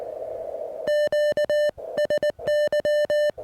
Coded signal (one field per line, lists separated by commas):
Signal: Morse code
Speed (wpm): 19 wpm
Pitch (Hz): 590 Hz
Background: music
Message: QSY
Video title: POTA Plan C: Swapping antennas and rigs at Tuttle Educational State Forest